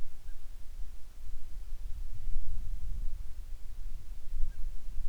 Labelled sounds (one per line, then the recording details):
wind
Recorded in the Prudhoe Bay oil fields, Alaska, on 25 July 2019 at 02:01
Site 11